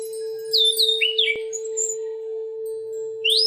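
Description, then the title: Oriental magpie-robin giving a short burst of falling whistled notes and a thin high note, then a pause and a new rising whistle, over a steady hum. "Kicau Kacer"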